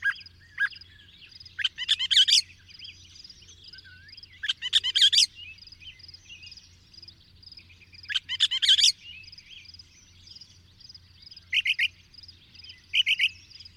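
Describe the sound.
Bird song in bursts of bright chirps and rapid twittering phrases every few seconds, over a steady high thin tone and a low hum.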